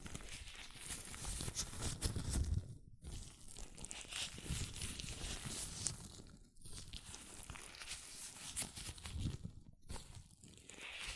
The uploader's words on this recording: ASMR Latex Gloves Hand Sounds (No Talking).